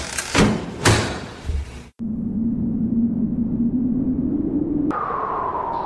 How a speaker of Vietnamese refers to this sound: Từ từ tra chiếc chìa khóa dài ngoẵng vào ổ khóa, rồi xịt một tiếng, hai cánh cửa phòng hồ sơ mở ra.